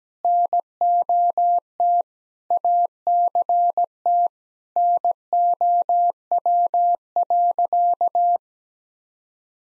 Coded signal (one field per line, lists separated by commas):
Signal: Morse code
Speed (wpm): 17 wpm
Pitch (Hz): 700 Hz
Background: none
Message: NOT ACT NOW.